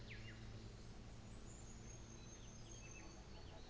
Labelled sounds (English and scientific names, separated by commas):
New Zealand Fantail (Rhipidura fuliginosa)